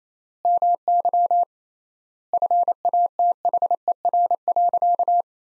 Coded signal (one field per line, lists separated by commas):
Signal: Morse code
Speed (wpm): 28 wpm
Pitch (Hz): 700 Hz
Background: none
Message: MY FATHER.